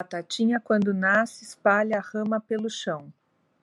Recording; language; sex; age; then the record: short text; Brazilian Portuguese; female; 50 to 59 years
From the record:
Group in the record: control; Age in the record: 53 years